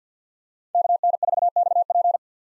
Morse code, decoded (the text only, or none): KN4XP